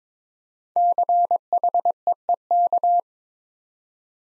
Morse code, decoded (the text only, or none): CHEEK